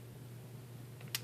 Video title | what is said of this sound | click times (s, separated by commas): Reviewed: Spyderco Manix 2 (underachieving brother of the Paramilitary 2? Hardly!) | access lock through a slightly different mechanism and to release just pull back it snaps back into place now | 1.1 s